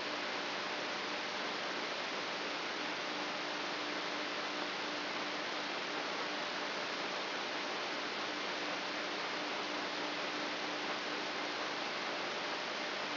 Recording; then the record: brain microelectrode recording played as sound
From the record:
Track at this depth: inside the subthalamic nucleus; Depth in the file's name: 5.483 mm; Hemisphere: left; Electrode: 3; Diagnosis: Parkinson's disease